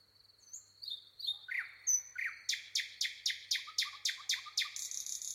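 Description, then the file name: Common nightingale song: a thin whistle and slurred notes, then a long quick run of loud repeated chirps about four per second, ending in a buzzy trill. "Luscinia megarhynchos"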